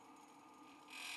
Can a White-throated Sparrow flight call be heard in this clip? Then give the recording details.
no. No flight call is heard. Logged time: 09:04 on 5 December 2014